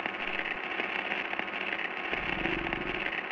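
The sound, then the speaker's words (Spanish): Steady static hisses from an old battery-powered tape radio, a dense, loud wash of noise peppered with small crackles and pops, with a faint low hum joining in toward the end. No voices. “Ah, no se oye nada, solo estática.”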